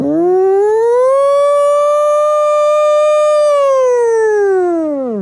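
A loud alarm siren wails alone, its pitch sweeping upward, holding a steady tone for a few seconds, then sliding back down in one long, harmonically rich cycle.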